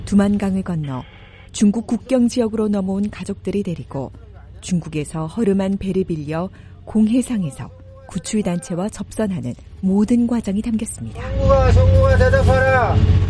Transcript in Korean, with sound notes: 두만강을 건너 중국 국경지역으로 넘어온 가족들을 데리고, 중국에서 허름한 배를 빌려 공해상에서 구출단체와 접선하는 모든 과정이 담겼습니다. [현장음: 천국의 계단을 넘다 ] “성국아 성국아 대답하라~, 어디 있나?